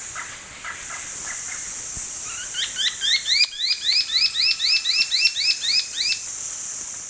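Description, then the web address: Brownish twistwing calls: a few soft notes, then a fast, even series of many sharp, upward-flicking notes lasting several seconds, with a constant high drone behind. Calls recorded in the eastern lowlands of South America. "Natures Songs S America Eastern Lowlands Cnipodectes subbrunneus, calls"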